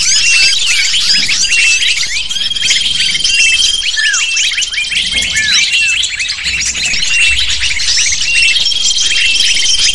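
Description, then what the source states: Shrill lovebird chattering from many birds at once, rapid overlapping chirps and downward-sliding squeaks, with steady high whistled notes in the background. Calls used as a lure to attract lovebirds.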